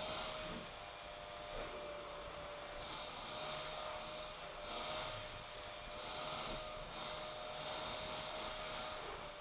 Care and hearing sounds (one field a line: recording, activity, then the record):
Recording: daily activity, microphone in the room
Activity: vacuum cleaning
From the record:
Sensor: 5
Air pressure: 1009.7 hPa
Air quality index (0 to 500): 167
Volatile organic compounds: 4 ppm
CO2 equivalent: 1619 ppm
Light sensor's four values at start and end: 110/288/118/127 and 110/289/118/127